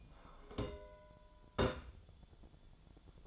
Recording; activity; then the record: daily activity, microphone in the room; take from stove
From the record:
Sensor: 5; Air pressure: 1010.1 hPa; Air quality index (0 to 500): 145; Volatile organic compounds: 3 ppm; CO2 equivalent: 1417 ppm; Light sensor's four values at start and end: 246/600/255/280 and 242/594/252/276